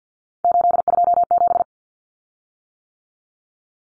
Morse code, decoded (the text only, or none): 827